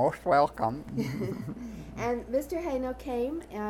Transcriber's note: they laugh